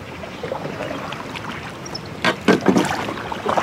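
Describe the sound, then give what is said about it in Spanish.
Oars rowing a boat through water: a steady watery wash, then a few rhythmic splashing strokes as the blades dip and pull. No voices. “Sobre sangre van los hombres navegando en sus barcazas. Reman, que reman, que reman.”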